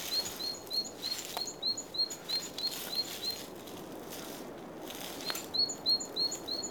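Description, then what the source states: Bird repeating rapid, thin, high whistled notes in two bursts separated by a gap, with light pattering and rushing background noise throughout. Recorded at Oostduinen.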